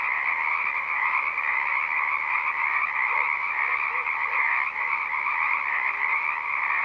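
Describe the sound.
Frogs calling together in a thick continuous buzzing chorus, even and unchanging throughout.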